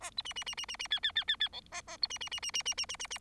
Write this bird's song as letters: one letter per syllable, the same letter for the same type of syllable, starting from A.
A B C C C C C C D D D D D E A A B C C C C C C C C C C